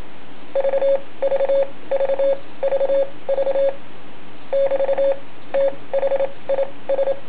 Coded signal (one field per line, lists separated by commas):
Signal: Morse code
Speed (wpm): 26 wpm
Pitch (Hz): 550 Hz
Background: none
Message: VVV VV <BT> THIS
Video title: Kizuna key